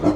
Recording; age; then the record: pig call; growing-finishing pig (85 days or more)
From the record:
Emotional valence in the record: positive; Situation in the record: run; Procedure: transit